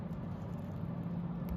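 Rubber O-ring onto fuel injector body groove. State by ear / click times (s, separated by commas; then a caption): not seated / none. A rubber O-ring is worked around the groove of a diesel fuel injector body from a 7.3 Powerstroke engine that is consuming oil. Only a steady low hum and soft rubbery handling and rustling are heard, with no sharp transients. Nothing has seated or clicked yet.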